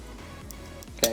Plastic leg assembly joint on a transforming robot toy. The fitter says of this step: it has to really click it you can't just do it like that you have to push it down till it clicks